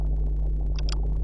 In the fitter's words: तो ये देखें क्लिक का साउंड आया